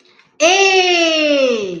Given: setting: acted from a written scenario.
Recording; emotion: vocal sound without words; triumph